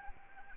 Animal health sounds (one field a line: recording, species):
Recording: mosquito wingbeat signal from an infrared sensor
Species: Anopheles arabiensis